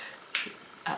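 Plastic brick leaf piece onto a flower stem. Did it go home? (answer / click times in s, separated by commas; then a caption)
yes / 0.3 s, 0.9 s. Plastic brick leaf pieces are pressed onto the stems of a plastic brick flower bouquet and snap home with sharp clicks at 0.4 s and 0.9 s, the first louder and brighter than the second. The leaf pieces are seated; they had not been clipped in before.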